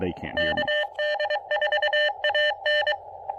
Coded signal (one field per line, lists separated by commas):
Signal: Morse code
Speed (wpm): 21 wpm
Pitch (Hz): 600 Hz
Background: speech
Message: KD4AN